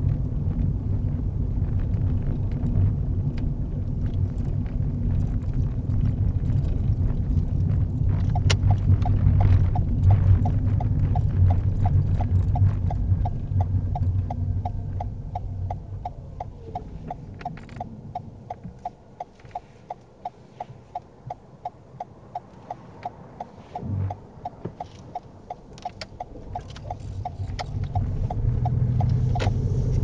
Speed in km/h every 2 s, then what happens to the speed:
24, 24, 23, 19, 18, 15, 10, 3, 0, 0, 0, 0, 8, 11, 19.
3-15 slows to 0. 15-22 standing. 22-30 pulls away to 19.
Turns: 23-26.